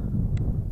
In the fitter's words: there it goes it just pops right in